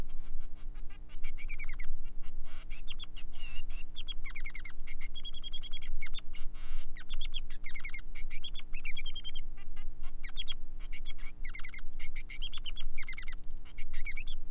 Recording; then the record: song of a male Bengalese finch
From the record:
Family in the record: son of father 3